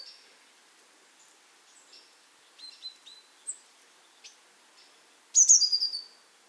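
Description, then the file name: Eurasian blue tit calls, scattered high thin notes building to a loud buzzy churring burst near the end. "Cyanistes caeruleus"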